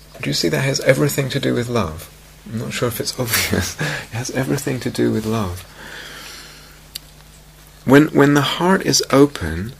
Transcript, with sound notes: Do you see that has everything to do with love? I'm not sure if it's obvious. [laughs] It has everything to do with love. When the heart is open,